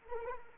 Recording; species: mosquito wingbeat signal from an infrared sensor; Anopheles arabiensis